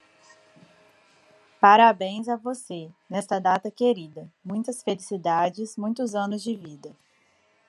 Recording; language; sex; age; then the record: short text; Brazilian Portuguese; female; 30 to 39 years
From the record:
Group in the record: control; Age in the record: 33 years